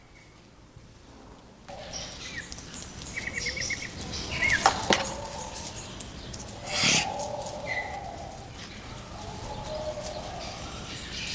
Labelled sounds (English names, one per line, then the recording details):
Southern Screamer call
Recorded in captivity
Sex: diverse
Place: Zoo Berlin, Berlin, DE
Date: 1991-10-30 10:15
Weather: sonnig, 0°C
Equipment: Nagra SN, Kopie Tesla B 116
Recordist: Tembrock, Günter
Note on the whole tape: Bellender Kurzlaut, ad. Tier, helle Lautfolgen: Junge, dann ad. Tier mit Flügelspreizen und gestoßenem Fauchlaut gegen Beobachter, dann wieder die Jungen beim Fressen